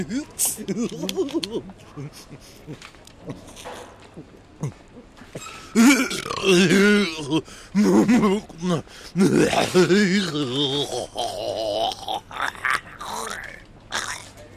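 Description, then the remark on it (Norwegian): In a Rimi supermarket, a person gives loud, drawn-out burps after gulping a fizzy drink and getting soda up the nose, with throaty grunts and groaning vocal sounds in between. A voice is briefly heard too. “Var det morsomt nå hit når jeg rapet og fikk brus i nesa mi?”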